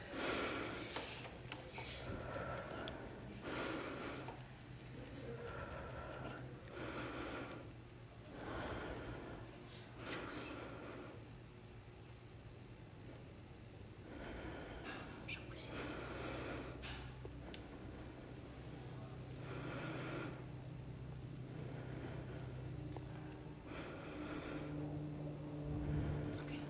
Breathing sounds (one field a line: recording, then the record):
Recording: deep breathing after running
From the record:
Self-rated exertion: vigorous exertion (4 of 6)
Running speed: 8 miles an hour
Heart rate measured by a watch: 111 beats a minute at the start, 108 at the end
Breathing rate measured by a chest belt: 18 breaths a minute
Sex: female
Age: 58 years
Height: 160 cm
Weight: 52 kg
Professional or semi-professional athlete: no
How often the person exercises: over 5 times a week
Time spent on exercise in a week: over 5 hours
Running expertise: no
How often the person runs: 3 to 5 times a week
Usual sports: running, swimming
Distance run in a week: 30 miles